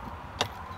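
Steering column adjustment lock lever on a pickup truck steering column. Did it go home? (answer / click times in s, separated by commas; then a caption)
yes / 0.4 s. On a 2020 RAM 1500 Laramie pickup truck, the tilt and telescopic steering wheel is moved in and out, then the steering column adjustment lock lever is closed. One short, sharp click is heard at 0.4 s over a low background hum as the wheel locks into place.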